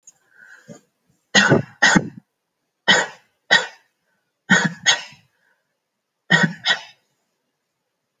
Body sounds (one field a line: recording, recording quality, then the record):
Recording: heavy voluntary cough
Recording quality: excellent, no background noise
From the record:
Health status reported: healthy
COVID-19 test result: negative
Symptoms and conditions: none ticked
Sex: female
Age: 35 years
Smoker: yes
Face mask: not worn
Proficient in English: yes